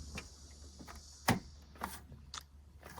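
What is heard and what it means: A memory module is pressed into a motherboard DIMM slot by pushing down the opened retention latches, and it seats with a sharp, loud click at 1.3 s. Fainter ticks and rattles come before and after over a low steady hum, and the latches click home with the module confirmed in.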